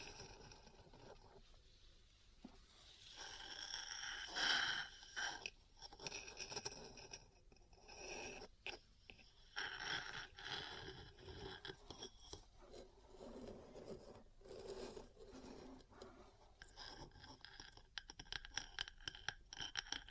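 Metal parts scratch and tap against each other in an irregular, busy sequence of rasping scrapes and short clicks. The scraping swells into louder, bright grinding strokes around four to five seconds and again near ten seconds, with quicker ticking taps toward the end.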